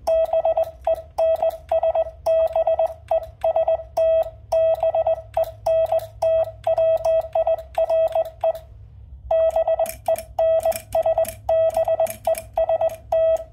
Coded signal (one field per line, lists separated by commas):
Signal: Morse code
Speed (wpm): 19 wpm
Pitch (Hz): 650 Hz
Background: none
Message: BENS BEST BENT WIRE BENS BEST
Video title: Begali Intrepid Bug vs Vibroplex Standard Deluxe Bug